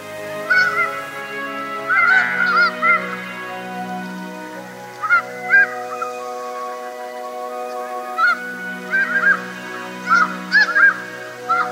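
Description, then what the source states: Snow goose honks in bursts of quick repeated nasal yelps, pausing then resuming, over sustained low humming tones. Tokachi Plain, Hokkaido, Japan.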